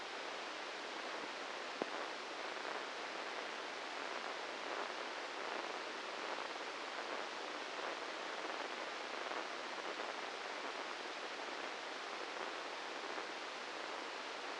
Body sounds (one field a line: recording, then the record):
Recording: brain microelectrode recording played as sound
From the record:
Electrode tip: inside the subthalamic nucleus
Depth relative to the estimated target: -3 mm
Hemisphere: right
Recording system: NeuroSet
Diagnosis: Parkinson's disease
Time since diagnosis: 13 years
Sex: male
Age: 66 years